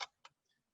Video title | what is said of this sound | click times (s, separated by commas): Beginners Guide to Purchasing, Owning and Safety of Firearms Sunday 3PM | that ties then locks this bolt see when you run the lever forward and the bolt locks into place | 0.0 s